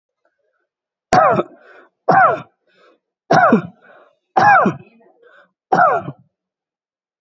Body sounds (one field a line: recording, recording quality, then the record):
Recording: heavy voluntary cough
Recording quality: excellent, no background noise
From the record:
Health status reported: healthy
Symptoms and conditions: none ticked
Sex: male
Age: 30 years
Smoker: not ticked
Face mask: not worn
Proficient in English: yes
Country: India